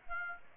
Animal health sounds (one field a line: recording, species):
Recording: mosquito wingbeat signal from an infrared sensor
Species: Aedes aegypti